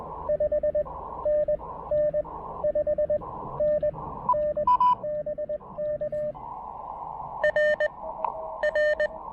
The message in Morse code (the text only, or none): 5NN 5NN BK RR